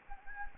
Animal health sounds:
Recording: mosquito wingbeat signal from an infrared sensor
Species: Anopheles gambiae

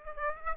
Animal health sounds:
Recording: mosquito wingbeat signal from an infrared sensor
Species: Aedes aegypti

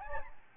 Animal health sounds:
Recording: mosquito wingbeat signal from an infrared sensor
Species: Aedes albopictus

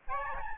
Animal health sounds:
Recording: mosquito wingbeat signal from an infrared sensor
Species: Aedes albopictus

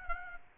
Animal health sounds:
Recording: mosquito wingbeat signal from an infrared sensor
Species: Aedes aegypti

